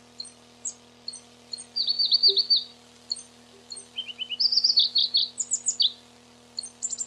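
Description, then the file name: Pallas's leaf warbler delivering bright, high, rapidly repeated notes in varied bursts, including a lower short trill and loud rolling phrases; a soft low hum persists throughout. Recorded 29 June 1994. "29 06 94 Pproregulus"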